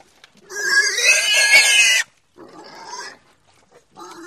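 Pig squealing: a loud harsh squeal of about one and a half seconds, then two shorter, quieter squeals after brief pauses.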